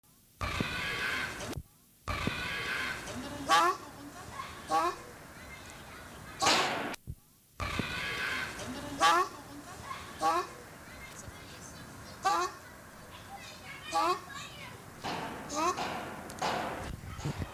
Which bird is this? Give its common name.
Ruddy Shelduck